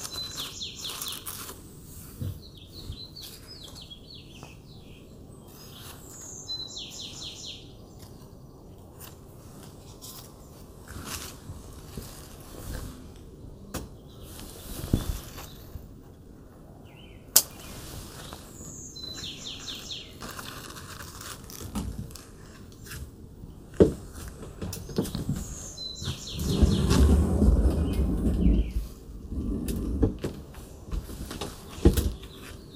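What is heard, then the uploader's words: Grape leaves are picked from a patio garden, with soft rustling and handling under a thin, steady hiss, growing louder around 26 to 29 seconds. Sharp snaps land near 17 and 24 seconds, while short bird chirps repeat every several seconds above. Harvesting Grape Leaves from Our Patio Garden.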